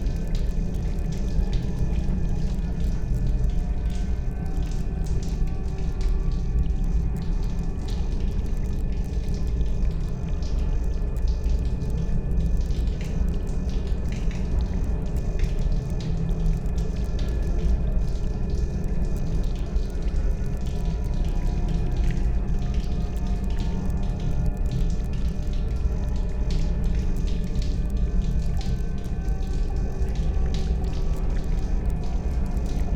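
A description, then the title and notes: Water drips in a spaceship hallway over a constant low machine drone that fills the whole clip. Faint, sharp ticks and drops land irregularly throughout, while a few thin steady tones hum above the rumble without ever changing in level. Water Drips in the Spaceship Hallway.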